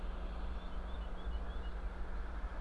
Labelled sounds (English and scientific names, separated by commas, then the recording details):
Eurasian Blackcap (Sylvia atricapilla)
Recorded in Germany
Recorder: ecoPi